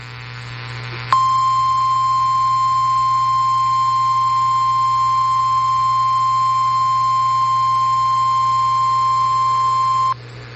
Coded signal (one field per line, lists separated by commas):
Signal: Emergency Alert System (SAME) tones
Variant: 1050 Hz attention tone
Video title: Eas Fwd svr on KEC56 Eas#1716